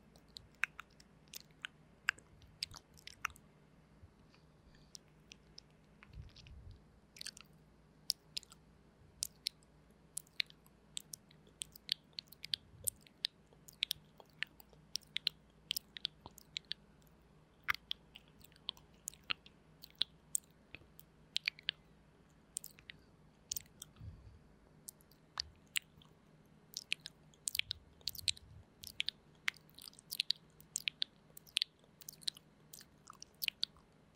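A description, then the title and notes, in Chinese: Soft, slow mouth sounds: wet clicks and small crunchy chewing snaps come irregularly throughout, thickening into denser clusters after about twenty seconds. A faint low hum sits steadily underneath, with occasional soft thuds near the bottom. 輕而緩的口腔音。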